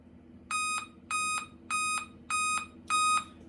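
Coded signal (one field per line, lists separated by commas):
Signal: beep code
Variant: Dell laptop BIOS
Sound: five short identical electronic beeps, evenly spaced about 0.6 seconds apart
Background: low electrical hum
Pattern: 5 short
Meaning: Five beeps on a Dell laptop signal a CMOS (BIOS) battery failure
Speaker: तो दोस्तों यहाँ पे 5 बीप आ रहा है, इसको बंद कर देते हैं।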